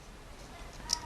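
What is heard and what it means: A plastic armor piece is pressed onto the frame of an HMM Liger Schneider Zoids model kit over a quiet low background hum. A single sharp plastic click sounds at 0.9 seconds as the piece snaps into place and seats.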